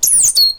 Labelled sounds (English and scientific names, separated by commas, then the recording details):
Stitchbird (Notiomystis cincta) song
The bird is a male
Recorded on Tiritiri Matangi Island, New Zealand, in 2005
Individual 8, of nest box 10